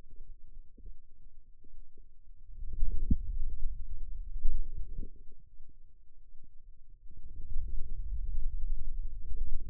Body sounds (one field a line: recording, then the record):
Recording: forearm muscle sounds (acoustic myography)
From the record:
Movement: hand closing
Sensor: system 2, bracelet of six BSWA MPA416 microphones around the upper forearm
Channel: 2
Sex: male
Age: 22 years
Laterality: right